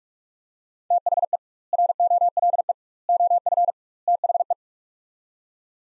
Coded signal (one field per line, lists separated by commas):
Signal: Morse code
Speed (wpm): 46 wpm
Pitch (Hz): 700 Hz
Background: none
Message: THE ROLE OF THE